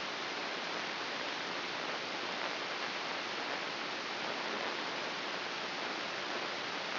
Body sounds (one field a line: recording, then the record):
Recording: brain microelectrode recording played as sound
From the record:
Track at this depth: inside the subthalamic nucleus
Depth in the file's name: 3.824 mm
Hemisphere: left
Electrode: 3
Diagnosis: Parkinson's disease